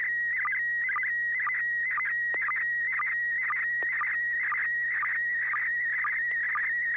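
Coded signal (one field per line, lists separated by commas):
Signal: SSTV (slow-scan television)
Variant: PD120 mode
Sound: continuous warbling tone near 2 kHz with regular short low chirps, about twice a second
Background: low hum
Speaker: uh yeah I think I am uh this will be pd120 thanks Bill here we go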